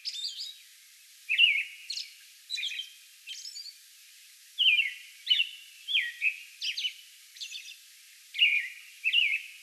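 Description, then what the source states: American robin song: liquid whistled phrases and squeaky high notes in a series broken by short pauses, with light background hiss. Song bout recorded May 11.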